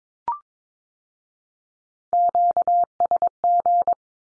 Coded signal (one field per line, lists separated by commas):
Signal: Morse code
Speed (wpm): 22 wpm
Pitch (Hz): 700 Hz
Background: none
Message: QSG